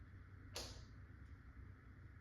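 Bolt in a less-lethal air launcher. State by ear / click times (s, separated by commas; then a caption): not seated / none. The bolt of a Valken M17 less-lethal air launcher fitted with a Mostafa bolt spring, at unknown output pressure, is worked. A single short, bright burst of noise comes at about 0.6 s over a steady low hum. The expected bolt snap does not come, and nothing has snapped or clicked into place.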